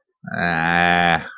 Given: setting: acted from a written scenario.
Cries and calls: vocal sound without words; neutral

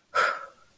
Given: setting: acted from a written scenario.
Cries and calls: vocal sound without words; relief

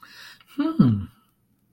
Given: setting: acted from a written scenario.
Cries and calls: vocal sound without words; sympathy

